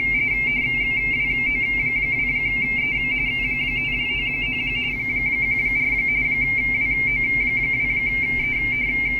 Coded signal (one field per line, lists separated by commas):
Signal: RTTY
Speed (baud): 45.45 baud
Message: WO2E 599 14 WO2E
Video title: 2024 CQ RTTY CONTEST DE WO2E